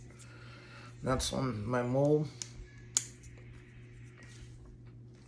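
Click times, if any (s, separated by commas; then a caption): 3.0 s. A removable dental veneer shell is fitted onto a dental mold while someone talks. A single loud, sharp snap is heard at 2.9 seconds as the veneer snaps right into place on the mold, seated.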